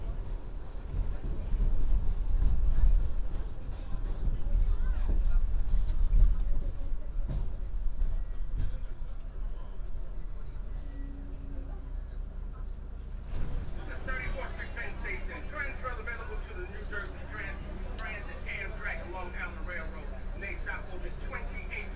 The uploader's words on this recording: A binaural field recording on the downtown local 1 train, from Harlem 125th to 23rd Street.